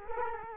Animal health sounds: mosquito wingbeat signal from an infrared sensor; Culex quinquefasciatus

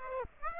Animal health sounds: mosquito wingbeat signal from an infrared sensor; Aedes aegypti

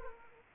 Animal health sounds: mosquito wingbeat signal from an infrared sensor; Aedes aegypti

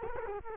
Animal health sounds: mosquito wingbeat signal from an infrared sensor; Culex quinquefasciatus

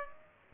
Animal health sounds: mosquito wingbeat signal from an infrared sensor; Aedes aegypti

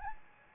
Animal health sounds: mosquito wingbeat signal from an infrared sensor; Anopheles gambiae

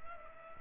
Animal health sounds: mosquito wingbeat signal from an infrared sensor; Culex pipiens

